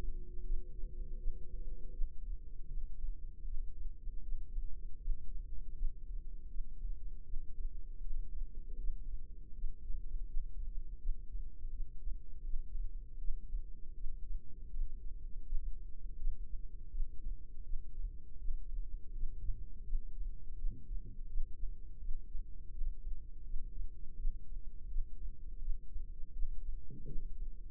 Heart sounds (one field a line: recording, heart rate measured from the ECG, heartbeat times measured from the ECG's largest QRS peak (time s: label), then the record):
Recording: heart sounds by microphone in the left ear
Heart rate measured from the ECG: 81 bpm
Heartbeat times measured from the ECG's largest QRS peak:
0.43 s: heartbeat
1.17 s: heartbeat
1.91 s: heartbeat
2.67 s: heartbeat
3.44 s: heartbeat
4.21 s: heartbeat
4.99 s: heartbeat
5.74 s: heartbeat
6.48 s: heartbeat
7.23 s: heartbeat
8.00 s: heartbeat
8.77 s: heartbeat
9.53 s: heartbeat
10.26 s: heartbeat
10.98 s: heartbeat
11.70 s: heartbeat
12.43 s: heartbeat
13.18 s: heartbeat
13.94 s: heartbeat
14.70 s: heartbeat
15.44 s: heartbeat
16.17 s: heartbeat
16.90 s: heartbeat
17.63 s: heartbeat
18.37 s: heartbeat
19.12 s: heartbeat
19.85 s: heartbeat
20.56 s: heartbeat
21.27 s: heartbeat
21.98 s: heartbeat
22.70 s: heartbeat
23.43 s: heartbeat
24.16 s: heartbeat
24.88 s: heartbeat
25.59 s: heartbeat
26.32 s: heartbeat
27.05 s: heartbeat
From the record:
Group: healthy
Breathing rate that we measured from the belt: 13 breaths a minute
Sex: female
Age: 51 years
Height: 162 cm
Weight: 70.04 kg